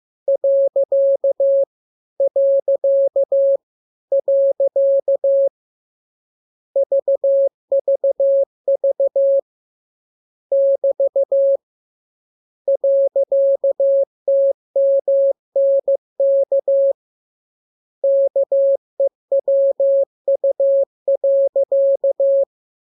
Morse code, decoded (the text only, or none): . . . VVV <BT> .TMNK KEWU.